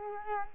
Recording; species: mosquito wingbeat signal from an infrared sensor; Culex quinquefasciatus